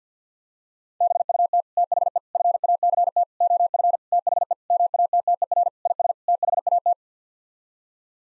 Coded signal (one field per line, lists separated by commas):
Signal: Morse code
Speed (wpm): 50 wpm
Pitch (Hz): 700 Hz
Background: none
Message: BUT THE FACT OF THE MATTER IS THAT